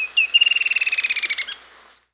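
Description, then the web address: Creamy-bellied antwren: brief lead-in notes, then a quick, steady series of many high, clipped notes that fades at the end. South America. "Natures Songs S America Creamy-Bellied Antwren"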